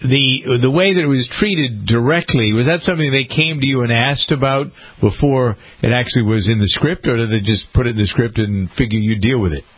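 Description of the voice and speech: A man interviewing a guest asks a long question in fluent conversational speech at a steady, moderate pitch, with only a few brief pauses. Articulation is clear, and the voice is smooth and full with no hoarseness, slurring or stuttering. This is ordinary adult male speech.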